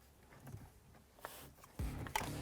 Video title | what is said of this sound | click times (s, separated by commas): 2015-2019 F150 GU Auto Tech 12.1" Touch Screen Multimedia Station Install | may have to sort of Bend the harness just a little bit to get to pop into place correctly and clip it in now | 2.2 s